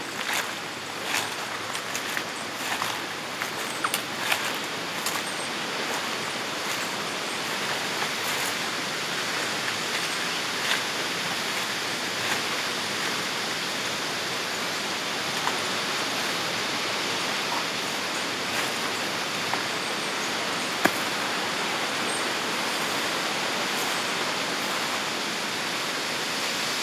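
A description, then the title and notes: A calm creek runs steadily, a dense, even wash of water that never lets up. Crisp leaf rustles and small clicks crowd the first ten seconds, then thin out, with a single sharp tick near twenty-one seconds and a faint high insect hum throughout. Lively Day by a Cabin in the Woods (Manistee Airbnb). Crisp sounds of leaves, crickets, passing cars, and a calm creek.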